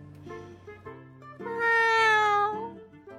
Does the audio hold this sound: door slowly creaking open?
no